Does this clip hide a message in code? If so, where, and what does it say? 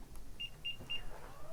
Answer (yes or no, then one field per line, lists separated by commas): no